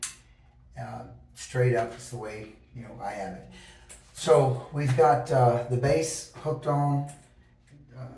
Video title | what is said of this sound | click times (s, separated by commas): Shower System | uh in this turn like so you can hear it click holds it in place going to go back | 0.0 s